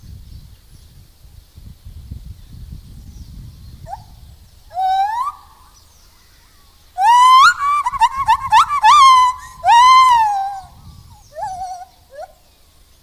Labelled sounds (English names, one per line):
Lar Gibbon call